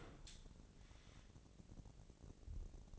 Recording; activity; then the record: daily activity, microphone in the room; open dishwasher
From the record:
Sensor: 4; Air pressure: 1013.2 hPa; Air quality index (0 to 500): 176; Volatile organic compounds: 2 ppm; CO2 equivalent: 1105 ppm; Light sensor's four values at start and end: 70/175/72/74 and 70/175/72/74